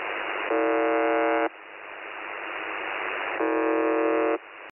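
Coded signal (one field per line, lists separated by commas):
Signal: numbers station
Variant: UVB-76 (The Buzzer)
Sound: two harsh one-second buzzes about three seconds apart over steady radio hiss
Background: radio static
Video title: The Buzzer/UVB-76 Voice Message (December 1, 2020 10:47 UTC)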